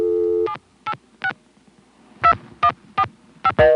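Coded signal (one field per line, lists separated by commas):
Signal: DTMF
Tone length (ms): 70 ms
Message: 786 2145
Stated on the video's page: Recorded on a Stromberg-Carlson ESC telephone exchange in Chancellor, Virginia.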